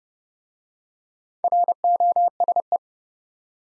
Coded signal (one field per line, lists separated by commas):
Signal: Morse code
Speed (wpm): 30 wpm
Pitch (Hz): 700 Hz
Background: none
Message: ROSE